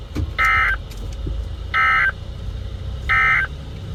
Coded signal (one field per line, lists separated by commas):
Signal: Emergency Alert System (SAME) tones